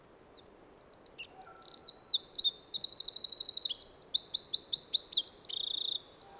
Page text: Голоса птиц - Крапивник